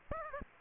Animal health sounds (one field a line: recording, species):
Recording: mosquito wingbeat signal from an infrared sensor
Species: Aedes aegypti